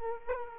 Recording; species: mosquito wingbeat signal from an infrared sensor; Culex quinquefasciatus